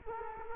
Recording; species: mosquito wingbeat signal from an infrared sensor; Culex quinquefasciatus